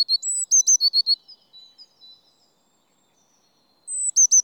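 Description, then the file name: Eurasian blue tit with one phrase of a high whistle and rapid clipped notes, trailing into faint soft notes, then a new whistle begins at the end. "Cyanistes caeruleus"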